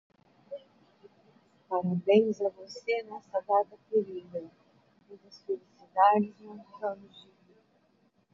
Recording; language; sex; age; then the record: short text; Brazilian Portuguese; female; 50 to 59 years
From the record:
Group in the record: control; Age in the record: 57 years